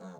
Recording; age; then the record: pig call; piglet (1 to 25 days)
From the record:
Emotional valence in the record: negative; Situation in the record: short isolation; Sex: male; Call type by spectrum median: low-frequency call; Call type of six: low-frequency stable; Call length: 0.20 s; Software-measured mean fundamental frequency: 89 Hz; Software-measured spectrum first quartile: 192 Hz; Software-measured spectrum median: 414 Hz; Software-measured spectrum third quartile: 791 Hz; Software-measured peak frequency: 185 Hz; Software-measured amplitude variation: 73 dB a second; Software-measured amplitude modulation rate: 10.1 a second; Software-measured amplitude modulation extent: 7.2 dB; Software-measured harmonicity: 2.4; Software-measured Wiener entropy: -0.09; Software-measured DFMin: 765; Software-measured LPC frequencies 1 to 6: 564, 1361, 3714, 4157, 6413, 6753 Hz